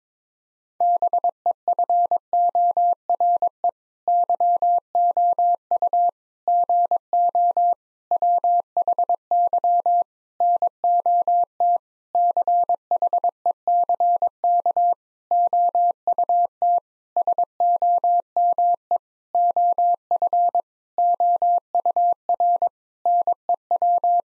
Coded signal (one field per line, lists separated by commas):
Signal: Morse code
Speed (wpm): 21 wpm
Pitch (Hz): 700 Hz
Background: none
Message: BEFORE YOU GO WHY NOT CHECK OUT SOME OF OUR NEW